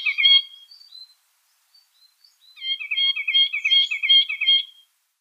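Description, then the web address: Algerian nuthatch song: a short burst of sharp notes, a pause, then a fast trill of repeated notes lasting about two seconds in otherwise quiet surroundings. "Schulze Peter Algerian Nuthatch"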